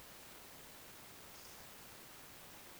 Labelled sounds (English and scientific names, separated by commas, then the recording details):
Eurasian Woodcock (Scolopax rusticola) whistle
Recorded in Baden-Württemberg, Germany, on 10 June 2020 at 20:11 UTC
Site 45520, 595 m above sea level